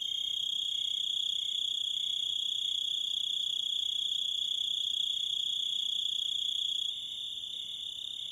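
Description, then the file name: Grasshopper chirp: a constant high, shrill trill with light pulsing, growing slightly quieter near the end. "zvuki kuznechika"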